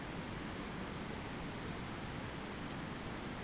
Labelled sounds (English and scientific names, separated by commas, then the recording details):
none
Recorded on Arctic tundra, site ZACK-1, on 15 June 2019
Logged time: 21:49